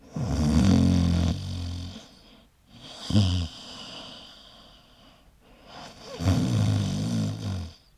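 Snoring in an adult sleeper: loud, low, rumbling noises recur roughly every three seconds, each lasting from about half a second to two seconds, with quieter breathing between them. The deep, rattling quality comes from vibration of the soft tissues of the upper airway during sleep.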